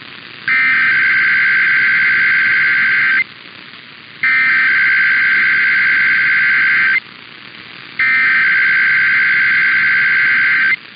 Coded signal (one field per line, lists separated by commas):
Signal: Emergency Alert System (SAME) tones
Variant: header bursts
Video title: Sacramento Required Monthly Test (EAS #977-984) 3/3/25